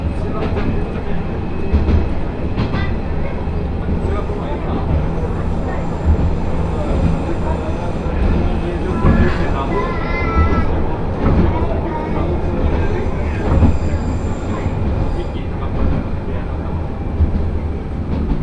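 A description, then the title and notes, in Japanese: Inside a crowded one-car railbus, passengers talk over the steady low rumble of the moving train. The chatter runs throughout, with a few brighter voices rising around the middle, while the engine and wheel noise stay fairly even for the whole stretch. 明知鉄道 明智→恵那。１両のレールバスは子供連れや高校生もいるなど一杯で予想外のにぎわいでした。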